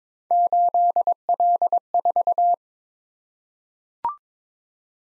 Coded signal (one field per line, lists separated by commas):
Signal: Morse code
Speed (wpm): 21 wpm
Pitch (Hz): 700 Hz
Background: none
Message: 8L4